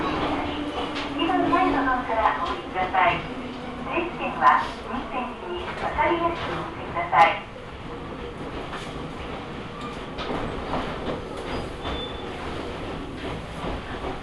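A ride on the Omi Railway line toward Kibukawa, with a steady low rumble of the train throughout. A voice speaks over the first seven seconds, ending in a sharp bang; afterward the running noise continues with scattered clicks and rattles.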